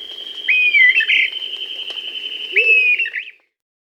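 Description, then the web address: Dusky-tailed flatbill giving two slurred whistled phrases ending in upturned notes, over a steady high-pitched whine. Recorded in Bolivia and Peru. "Birds of the Amazon 3. Dusky-tailed Flatbill (Ramphotrigon fuscicauda), Bolivia, Peru"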